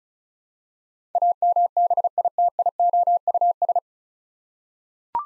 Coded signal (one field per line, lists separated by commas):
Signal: Morse code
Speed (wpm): 36 wpm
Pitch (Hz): 700 Hz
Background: none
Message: AMBITIOUS